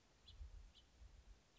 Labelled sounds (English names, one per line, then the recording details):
House Finch
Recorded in Sonoma County, California